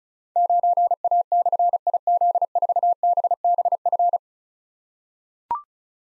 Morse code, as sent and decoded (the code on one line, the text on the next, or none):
----. .- -..-. .. --.. ....- -... -... ..-.
9A/IZ4BBF